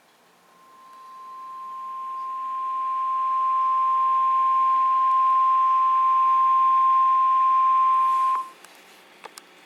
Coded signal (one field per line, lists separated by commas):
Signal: Emergency Alert System (SAME) tones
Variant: 1050 Hz attention tone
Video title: Tornado Warning (EAS Alert #871)